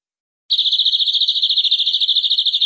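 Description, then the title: Canary giving a long, steady high trill of rapidly repeated notes that runs without a break. "BM Suara Kenari"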